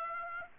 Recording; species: mosquito wingbeat signal from an infrared sensor; Aedes aegypti